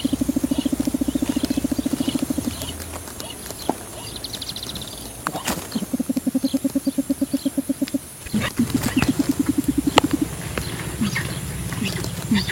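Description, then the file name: Spotted rail song: long runs of low, rapid pulsed notes, repeated in several bouts with short pauses, over faint background noise and a few clicks. "Canto do saracura carijo"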